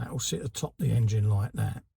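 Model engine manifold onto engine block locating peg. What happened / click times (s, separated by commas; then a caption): The part is positioned but has not yet clicked home / none. Someone talks while handling the plastic/metal manifold of a 1:8 scale Fanhome 1966 Batmobile model engine, positioning it to slide over a locating peg on the engine block. Only talking is heard; the manifold has not yet seated or clicked onto the peg.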